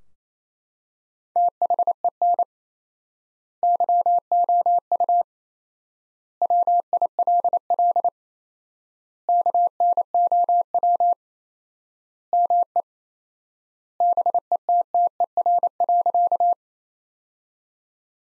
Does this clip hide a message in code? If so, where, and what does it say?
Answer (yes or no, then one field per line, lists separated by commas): yes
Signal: Morse code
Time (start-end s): 1.4-16.5 s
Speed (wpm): 27 wpm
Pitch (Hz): 700 Hz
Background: none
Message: THEN YOU WILL KNOW ME BETTER.